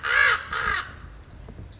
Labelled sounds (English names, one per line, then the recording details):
Pacific Wren
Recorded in Sonoma County, California